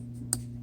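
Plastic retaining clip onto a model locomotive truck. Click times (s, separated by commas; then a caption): 0.3 s. A plastic retaining clip is refitted onto the truck of a model train locomotive, rear end first and then the front, with fingers pressed over the spring end. Over a steady low hum, a single sharp, bright snap rings out at 0.3 s as the clip seats back in place.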